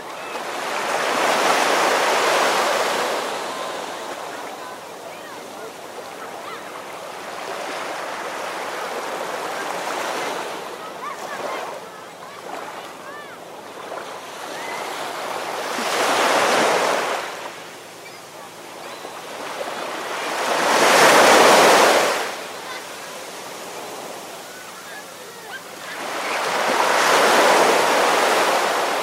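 Waves wash onto the shore in slow swells, cresting at the start, around sixteen, twenty-one and twenty-seven seconds, over a steady hiss.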